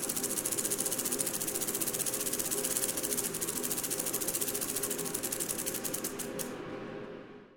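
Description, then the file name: Sidewinder rattle, an unbroken fast pulsing buzz at even loudness that weakens and fades out over the last second. "Crotaluscerastes JRice"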